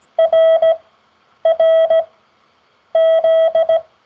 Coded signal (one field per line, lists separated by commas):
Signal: Morse code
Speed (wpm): 17 wpm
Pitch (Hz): 650 Hz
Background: none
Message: R R Z